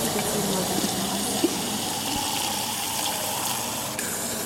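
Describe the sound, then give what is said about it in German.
Strongly carbonated Pandur spring mineral water pours steadily into a glass, a continuous bright hiss of fizzing and splashing that holds at an even level for several seconds. “Ich schenke jetzt mal einen Schluck mit Kohlensäure ein.”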